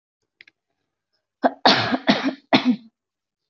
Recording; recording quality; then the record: shallow voluntary cough; excellent, no background noise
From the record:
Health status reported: healthy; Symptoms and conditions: none ticked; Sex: female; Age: 23 years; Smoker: not ticked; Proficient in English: yes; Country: India